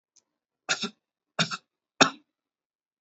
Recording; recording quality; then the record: shallow voluntary cough; excellent, no background noise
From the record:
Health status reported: healthy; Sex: male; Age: 19 years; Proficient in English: yes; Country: India